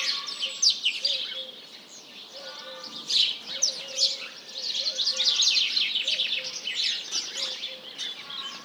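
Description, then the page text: House Sparrows chirping in a dense, overlapping chorus of short high notes. Large flock calling in the morning; recorded 1 March 2007 at 07:30. "Réveil des oiseaux. BigSoundBank"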